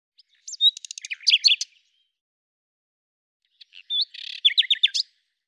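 Bird song: two phrases, each mixing a clear whistle, buzzy notes and quick descending chirps, separated by a pause of about two seconds.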